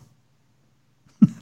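After about a second of near silence with a faint low hum, one abrupt, forceful burst is heard: a single short cough from an adult that brings something up, with no wheeze or repeated bouts.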